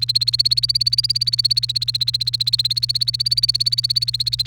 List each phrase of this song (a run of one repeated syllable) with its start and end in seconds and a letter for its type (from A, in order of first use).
0.00-4.46 A